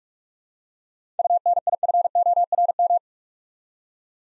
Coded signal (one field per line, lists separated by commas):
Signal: Morse code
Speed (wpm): 44 wpm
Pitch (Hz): 700 Hz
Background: none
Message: UNIFORM